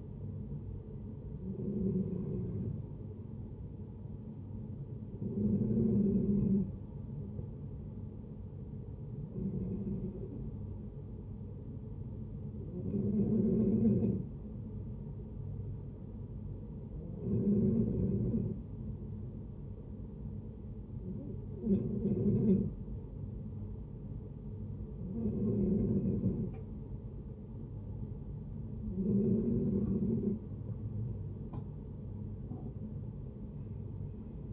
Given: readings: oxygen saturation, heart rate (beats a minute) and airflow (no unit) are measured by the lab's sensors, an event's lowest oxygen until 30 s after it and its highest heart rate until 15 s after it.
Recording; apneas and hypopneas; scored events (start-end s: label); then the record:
breathing in sleep by a smartphone at the bedside; none
none scored
From the record:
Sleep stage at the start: N2 (light sleep); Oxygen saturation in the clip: 90 to 91%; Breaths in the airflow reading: 9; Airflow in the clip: -6.7 to 6.6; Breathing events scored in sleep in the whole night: 496 in 5.4 hours asleep